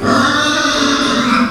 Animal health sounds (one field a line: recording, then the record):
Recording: squeal of a Yucatan mini pig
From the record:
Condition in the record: after surgery on the right vocal fold (resection and tissue-engineered implant)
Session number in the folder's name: 13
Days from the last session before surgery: 113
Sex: female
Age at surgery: 19 weeks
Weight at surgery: 25 kg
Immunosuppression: prednisolone